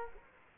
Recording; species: mosquito wingbeat signal from an infrared sensor; Culex quinquefasciatus